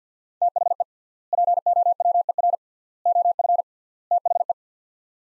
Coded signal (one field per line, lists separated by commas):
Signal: Morse code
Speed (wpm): 48 wpm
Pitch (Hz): 700 Hz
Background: none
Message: THE POWER OF THE